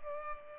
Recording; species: mosquito wingbeat signal from an infrared sensor; Culex pipiens